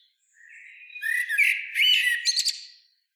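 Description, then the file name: Common blackbird song: a low fluted warbling phrase that swells, then ends in a short burst of high, squeaky twittering notes. "Turdus merula"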